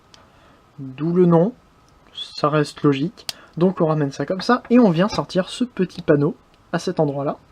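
A small plastic panel on a transforming robot toy is handled and pulled out into position while someone talks throughout. Nothing has seated or clicked yet; the clip ends just before the panel clips into place.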